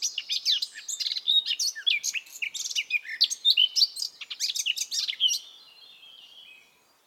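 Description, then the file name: Eurasian blackcap song, a dense, rapid warble of varied high chirps and twitters lasting about five seconds, then fading to quiet. "Sylvia atricapilla"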